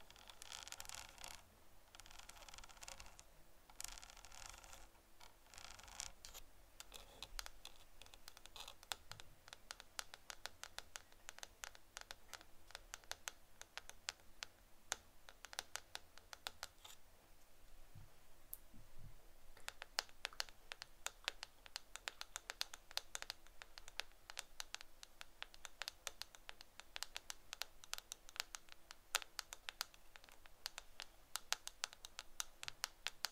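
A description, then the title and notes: Camera lens tapping: a dense run of quick, dry clicks and taps continues through the whole stretch, irregular and bright, with brief faint scraping textures mixed in. The tapping thins slightly around the seventeenth to nineteenth second, then resumes busier. ASMR Camera Lens Tapping (No Talking).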